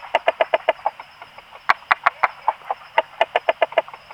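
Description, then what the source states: Frog calls: short pulsed notes in two runs, with a few sharper clicks mixed in over faint background hiss. Recorded on 26 April 2020, between 18:00 and 20:00.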